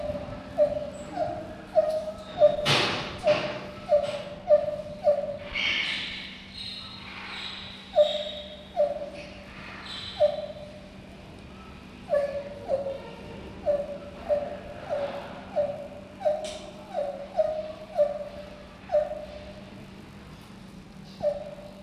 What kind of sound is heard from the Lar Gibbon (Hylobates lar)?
call